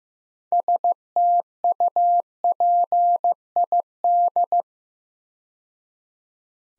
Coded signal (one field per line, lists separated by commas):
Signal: Morse code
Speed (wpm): 15 wpm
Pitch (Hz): 700 Hz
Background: none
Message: STUPID